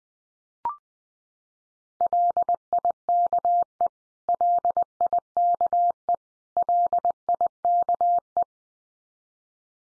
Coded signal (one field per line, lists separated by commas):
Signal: Morse code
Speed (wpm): 20 wpm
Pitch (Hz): 700 Hz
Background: none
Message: LIKE LIKE LIKE